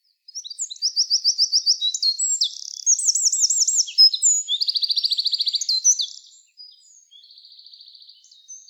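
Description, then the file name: Eurasian wren pouring out a loud high trilling song with rapid repeated notes, followed by a softer phrase after a short gap. "Troglodytes troglodytes"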